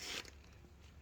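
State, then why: Seated. A small coolant hose on a KTM 790/890 Adventure R motorcycle is pushed down and wiggled into its plastic retaining clip at the front side. After a brief burst of broadband rustling at the start, two short sharp clicks sound at 0.3 s and 0.4 s as the hose snaps back into place in the clip, over a low steady background hum.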